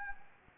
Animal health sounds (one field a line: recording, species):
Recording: mosquito wingbeat signal from an infrared sensor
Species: Anopheles gambiae